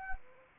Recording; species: mosquito wingbeat signal from an infrared sensor; Anopheles arabiensis